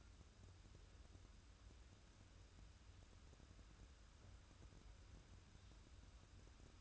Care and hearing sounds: daily activity, microphone in the room; wipe stove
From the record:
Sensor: 2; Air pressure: 994.3 hPa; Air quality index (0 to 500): 213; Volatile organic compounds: 1000 ppm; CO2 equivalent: 7054 ppm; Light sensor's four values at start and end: 110/262/109/110 and 135/323/136/140

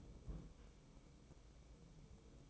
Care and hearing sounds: daily activity, microphone in the room; place on stove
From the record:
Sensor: 1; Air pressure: 1008.2 hPa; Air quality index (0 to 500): 136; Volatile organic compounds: 2 ppm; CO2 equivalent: 1147 ppm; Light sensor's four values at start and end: 8/18/7/8 and 8/18/7/8

